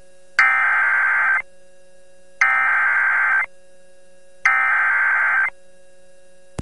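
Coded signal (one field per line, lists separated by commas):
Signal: Emergency Alert System (SAME) tones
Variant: header bursts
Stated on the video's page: NOAA Weather Radio alerts during a December derecho in Sioux City, Iowa.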